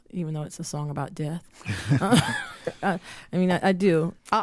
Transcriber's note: laughter